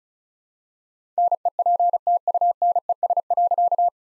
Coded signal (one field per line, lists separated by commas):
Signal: Morse code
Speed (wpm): 34 wpm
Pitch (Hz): 700 Hz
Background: none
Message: NEPTUNES.